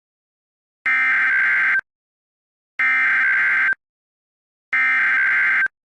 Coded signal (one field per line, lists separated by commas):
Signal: Emergency Alert System (SAME) tones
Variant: header bursts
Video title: (ARCHIVED) Murder Like Drones: An EAS Scenario.